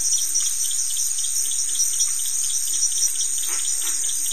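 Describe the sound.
Unbroken high cricket trill with a soft wash of background noise and one brief swelling sound near the end.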